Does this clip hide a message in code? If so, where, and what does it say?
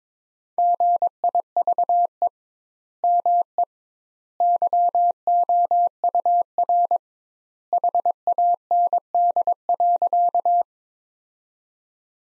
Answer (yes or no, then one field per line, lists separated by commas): yes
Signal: Morse code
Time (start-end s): 0.6-10.6 s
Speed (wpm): 22 wpm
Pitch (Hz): 700 Hz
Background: none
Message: GIVE ME YOUR HAND.